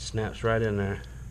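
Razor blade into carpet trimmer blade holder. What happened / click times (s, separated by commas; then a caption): Handled, not yet seated: blade not yet snapped into holder / none. A razor blade is being handled as it goes into the spring clip of a carpet trimmer blade holder for a second time. Someone talks over a low hum, and nothing has seated or clicked yet.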